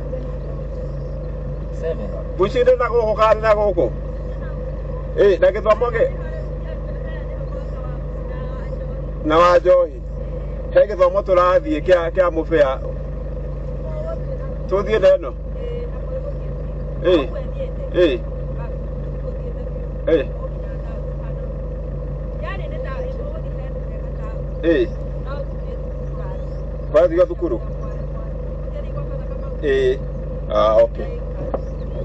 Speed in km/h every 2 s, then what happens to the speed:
0, 0, 0, 0, 0, 0, 0, 0, 0, 0, 0, 0, 0, 0, 0, 0.
0-32 standing.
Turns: none.